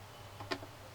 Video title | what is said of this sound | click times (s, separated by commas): SONY LED TV KLV 32R422A Restart Problem -- SONY LED TV 6 time red Light Blinking | ये lock हो गया, और इसके पेच लगा देता हूँ दोनों। | 0.5 s